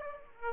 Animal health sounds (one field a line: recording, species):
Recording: mosquito wingbeat signal from an infrared sensor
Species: Aedes aegypti